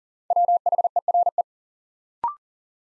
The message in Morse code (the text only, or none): WHERE